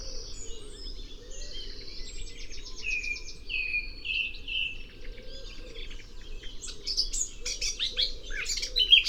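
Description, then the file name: Eurasian blackcap song, fairly soft: a run of thin whistled and rattling notes first, then a brief burst of scratchy high warbling near the end over a low background hum. "Sylvia atricapilla"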